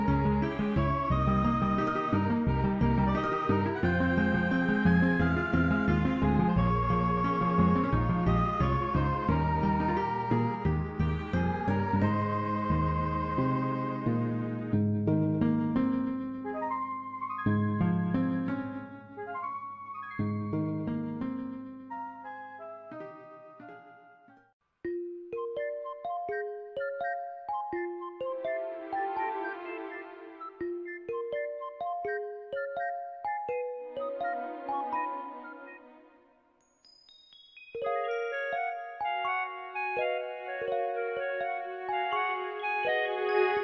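A soundtrack piece of ringing, piano-like notes, dense full chords early, then thinning to sparse high melodic phrases with brief pauses near 25 and 37 seconds.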